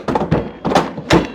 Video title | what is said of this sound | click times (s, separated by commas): Yarbo Autonomous Snow Blower Unboxing, Assembly, And Programming | There it is. Yep, it snapped together. | 1.1 s